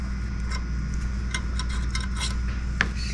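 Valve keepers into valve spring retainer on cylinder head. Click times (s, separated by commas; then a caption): 2.8 s. A valve spring compressor is slowly released on a small block Chevy cylinder head so the steel valve keepers (locks) seat into the valve spring retainer, with light metallic ticks and scrapes around 0.5 to 2.0 s over a steady low hum. A single sharp metallic click at 2.8 s marks the keepers locking into place in the retainer.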